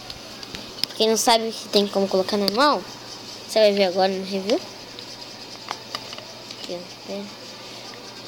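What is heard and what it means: Someone talks while handling a plastic toy shield, lining up its small hole with the plastic hand of a Captain America Titan Hero action figure. Light plastic taps and knocks are heard, sharpest around 0.8 s and again near 5.7 s and 6.0 s. The shield has not seated or clicked onto the hand yet.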